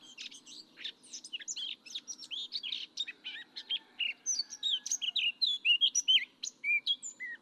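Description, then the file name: Eurasian blackcap song, a busy chattering warble of varied short notes that gives way to brighter, purer whistled phrases toward the end, over a soft low background hum. "Sylvia atricapilla"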